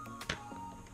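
A modified plastic mount for XP DEUS WS4 wireless headphones is pushed onto a metal detector's shaft, with music playing underneath. A sharp snap is heard at 0.3 s as it clicks into place. The fit is judged perfect, though a little hard to push on because the nut is larger.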